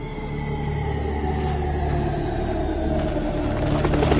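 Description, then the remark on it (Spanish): A squadron of helicopters performs maneuvers overhead on 16 September 1993, their steady rotor drone a loud, continuous low rumble layered with whining engine tones, slowly building in intensity with no voices. “Mientras un escuadrón de helicópteros realiza maniobras, un objeto de apariencia metálica parece colarse entre su formación.”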